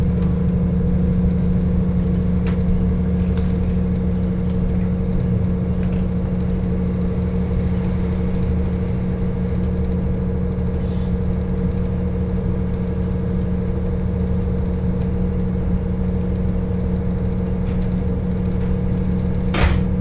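A train ride on the Hakodate Main Line toward Ikedaen, heard as a steady, dense low rumble with a constant droning hum underneath. A few faint ticks and knocks come through now and then, and a sharp clack lands near the end.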